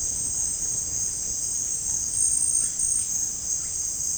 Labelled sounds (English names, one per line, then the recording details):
Russet-backed Oropendola
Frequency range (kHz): Russet-backed Oropendola 0.6-4.3 kHz
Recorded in dense forest near Puerto Asís, Putumayo, Colombia, on 29 June 2025 at 16:30
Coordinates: 0.481, -76.323
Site G072